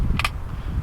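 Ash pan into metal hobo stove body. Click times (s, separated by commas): 0.2 s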